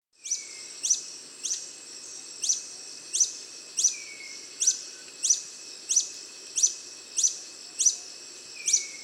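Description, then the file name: Long-billed hermit calling: a sharp, high squeaky note repeated many times, roughly every two-thirds of a second, with a faint thin tone held underneath. "Golosa ptic - Dlinnoklyuvyj solnechnyj kolibri Phaethornis longirostris"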